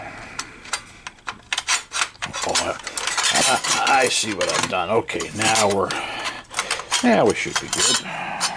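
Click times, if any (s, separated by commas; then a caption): none. A bill validator assembly (MEI) is handled and pushed toward its mounting bracket in a Hamilton change machine (RNS, DRS, ER-60 series changers), producing scattered sharp clicks, knocks and metallic rattling while someone talks. Nothing has seated or snapped into place yet.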